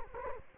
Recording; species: mosquito wingbeat signal from an infrared sensor; Culex quinquefasciatus